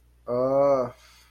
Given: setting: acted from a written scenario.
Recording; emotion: vocal sound without words; contempt